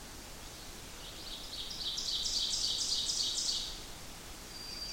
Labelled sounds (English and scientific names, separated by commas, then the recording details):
Ovenbird (Seiurus aurocapilla) song
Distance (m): 35 m
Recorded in boreal forest in Alberta, Canada, on 8 June 2016 at 05:39
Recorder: SongMeter 3, array SBT-3-9
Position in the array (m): 51 m, 108 m
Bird 33